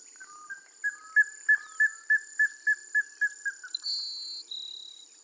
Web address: sound Plumbeous-ibis